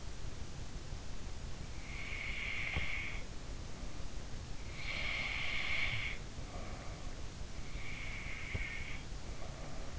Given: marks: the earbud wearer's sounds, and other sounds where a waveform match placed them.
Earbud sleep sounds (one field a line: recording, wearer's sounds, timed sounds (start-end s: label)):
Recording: sounds in sleep by an in-ear microphone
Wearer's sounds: breath, snoring breath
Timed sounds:
1.89-4.24 s: breath
4.75-7.49 s: snoring breath
8.29-9.98 s: breath